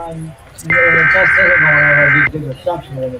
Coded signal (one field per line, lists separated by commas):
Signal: Emergency Alert System (SAME) tones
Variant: header bursts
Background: speech